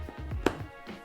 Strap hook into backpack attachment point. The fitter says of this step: and once you hook in you should hear this little click that signifies that it's locked in place